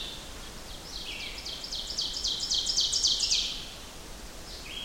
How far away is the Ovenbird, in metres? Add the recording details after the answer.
about 25 m. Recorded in boreal forest in Alberta, Canada, on 14 June 2016 at 07:12. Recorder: SongMeter 3, array SBT-3-33. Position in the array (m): 96 m, 142 m. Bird 21